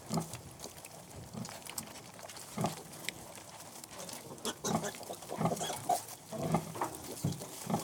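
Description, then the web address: Pig: piglets suckling, with soft grunts, snuffles and wet smacking sounds at irregular moments. "BBC Sound Effects Library. Piglets Suckling"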